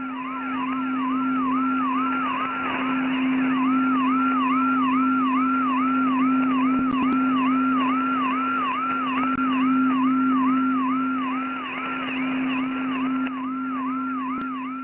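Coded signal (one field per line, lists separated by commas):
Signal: siren signal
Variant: Vietnamese siren jammer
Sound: fast warbling siren tone repeating about twice a second over a steady low drone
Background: radio static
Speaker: the siren I recorded last night is the classic Vietnamese siren Jammer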